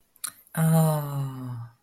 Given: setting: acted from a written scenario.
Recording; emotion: vocal sound without words; adoration